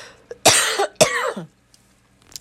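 An adult woman coughs twice in quick succession, two short harsh bursts; she has a tendency to cough.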